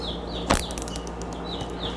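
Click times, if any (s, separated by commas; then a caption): 0.5 s, 0.6 s, 0.7 s, 0.8 s, 1.0 s. The ratcheting keyless chuck of a Work Pro 20V 2Ah 3/8-inch cordless drill/driver is hand-tightened around a drill bit. It gives a series of sharp clicks at 0.5, 0.6, 0.7, 0.8, 0.8 and 1.0 seconds as it snugs down, over a steady low hum. The chuck locks the bit tight in place.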